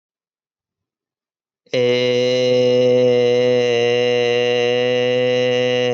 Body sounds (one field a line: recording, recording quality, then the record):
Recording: sustained vowel as in made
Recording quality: excellent, no background noise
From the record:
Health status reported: healthy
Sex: male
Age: 26 years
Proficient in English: yes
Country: India